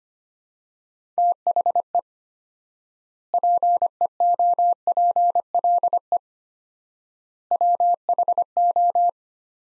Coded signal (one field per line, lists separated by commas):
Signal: Morse code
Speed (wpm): 25 wpm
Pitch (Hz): 700 Hz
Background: none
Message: THE PEOPLE WHO